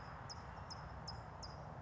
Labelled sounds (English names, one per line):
California Towhee